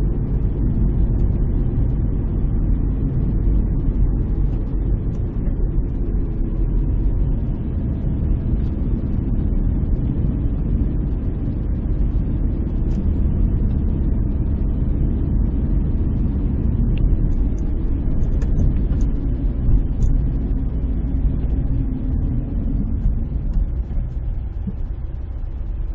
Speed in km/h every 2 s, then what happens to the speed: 40, 37, 36, 34, 32, 31, 32, 32, 31, 29, 28, 22, 8.
0-7 slows to 32. 7-20 steady at about 31. 20-24 brakes to 8.